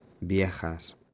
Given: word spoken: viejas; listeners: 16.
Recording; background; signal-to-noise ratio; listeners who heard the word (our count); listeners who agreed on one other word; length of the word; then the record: one Spanish word in noise, from a listening test; noise modulated by three-talker babble; 30.0 dB; 3 of 16; 13 of 16; 0.74 s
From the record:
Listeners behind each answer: 13, 3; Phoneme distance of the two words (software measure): 10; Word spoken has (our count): 2 syllables, 6 phonemes, stress on syllable 1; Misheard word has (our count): 2 syllables, 6 phonemes, stress on syllable 1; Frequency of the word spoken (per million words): 24.97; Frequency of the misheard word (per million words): 0.26